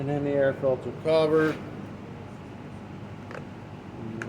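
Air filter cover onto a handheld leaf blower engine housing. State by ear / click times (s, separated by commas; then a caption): seated / 4.2 s. Someone talks briefly over a steady low hum, then a plastic air filter cover is pushed onto the engine housing of a Troy-Bilt TB430 handheld leaf blower, over the new air filter. A faint tap comes at 3.4 s, and the cover snaps shut with a sharp click at 4.2 s, seating into place.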